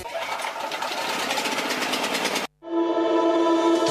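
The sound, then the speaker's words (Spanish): A generator engine drones steadily with a dense mechanical rattle, cuts out abruptly for a split second, then resumes with a smoother, strongly tonal hum. “Grupo Electrógeno. Ruido y luz versus silencio y oscuridad.”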